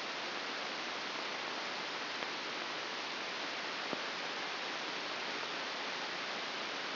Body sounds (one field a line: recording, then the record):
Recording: brain microelectrode recording played as sound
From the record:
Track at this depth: outside the subthalamic nucleus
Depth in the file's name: 6.898 mm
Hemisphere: left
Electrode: 2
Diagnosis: Parkinson's disease